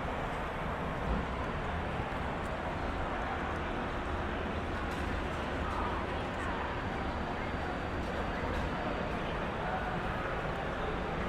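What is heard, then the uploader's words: A crowd murmurs outside among restaurants and bars in the Gaslamp Quarter, many voices blending into a dense, even babble at a distance. Traffic rumbles low underneath throughout, and a few brief clinks and knocks stand out now and then. San Diego. In public. At a distance. I walked through the outdoor restaurants/bars in the Gaslamp Quarter.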